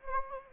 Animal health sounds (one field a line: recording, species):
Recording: mosquito wingbeat signal from an infrared sensor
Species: Anopheles gambiae